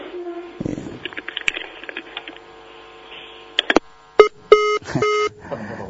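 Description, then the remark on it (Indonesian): Disconnected phone call line tones as a caller's line drops during a live Rodja TV/Radio Rodja broadcast: a crackly, garbled telephone line gives way to three loud, steady electronic beeps, the last one held longer than the first two. “Tapi sambungannya, teleponnya terputus.”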